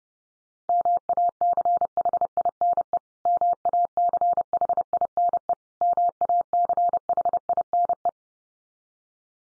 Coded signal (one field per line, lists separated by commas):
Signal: Morse code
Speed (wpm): 30 wpm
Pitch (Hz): 700 Hz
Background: none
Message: MACHINE MACHINE MACHINE